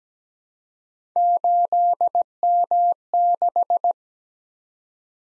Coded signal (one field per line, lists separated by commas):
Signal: Morse code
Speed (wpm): 17 wpm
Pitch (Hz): 700 Hz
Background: none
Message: 8M6